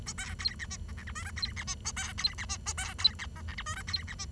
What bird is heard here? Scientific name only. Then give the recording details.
Lonchura striata domestica. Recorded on 23 June 2012 at 08:30. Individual gr41rd51